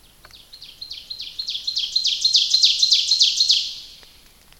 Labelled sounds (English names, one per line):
Ovenbird song